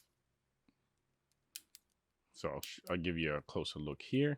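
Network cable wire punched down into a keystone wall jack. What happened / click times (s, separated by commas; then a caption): The wire was punched down and seated in the jack / 1.6 s, 1.8 s. An impact punch-down tool presses a twisted-pair network cable conductor into the insulation-displacement slot of a plastic keystone jack for a wall plate, resting on a piece of paper to protect the table, with enough force that the excess wire ends come off. Two sharp snaps at 1.6 s and 1.8 s seat the wire and cut off the excess. Afterward, someone talks.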